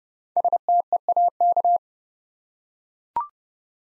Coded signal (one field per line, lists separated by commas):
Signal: Morse code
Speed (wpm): 30 wpm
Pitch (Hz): 700 Hz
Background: none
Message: STEAK